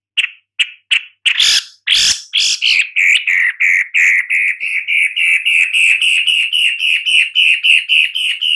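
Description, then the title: Long-tailed shrike calls: several sharp harsh notes, then a long fast run of clear, evenly repeated piping notes at a steady pitch. "Lanius Schach Sun"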